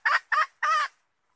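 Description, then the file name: Red junglefowl hen giving three harsh, nasal notes in quick succession, the last one longest. Hen calling to find a mate. "tieng ga rung mai keu tim kiem ban tinh"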